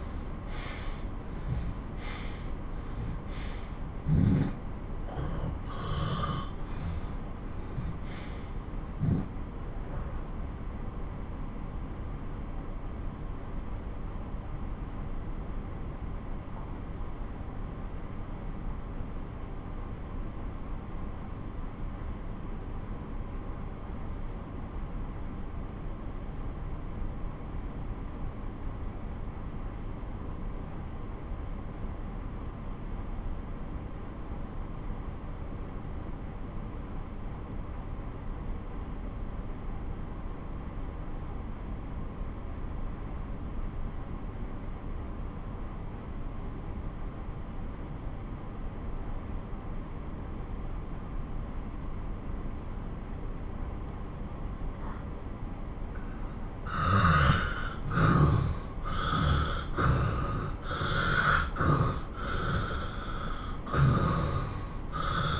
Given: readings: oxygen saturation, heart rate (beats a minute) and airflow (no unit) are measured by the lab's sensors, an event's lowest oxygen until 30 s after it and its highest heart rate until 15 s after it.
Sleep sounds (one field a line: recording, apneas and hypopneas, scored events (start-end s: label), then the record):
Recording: breathing in sleep by a smartphone at the bedside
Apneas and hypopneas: 1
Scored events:
5.00-65.40 s: new sleep stage, N2 (light sleep)
7.00-56.10 s: obstructive apnea (N2, oxygen 94% highest, then 88% lowest)
From the record:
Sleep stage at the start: N1 (lightest sleep)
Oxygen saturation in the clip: 81 to 94%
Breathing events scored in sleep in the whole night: 217 in 6.3 hours asleep